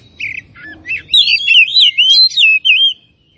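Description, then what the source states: Oriental magpie-robin giving a few soft notes, then a smooth, flowing phrase of high, wavering whistles. Kacer from Tretes, described as gacor (singing vigorously).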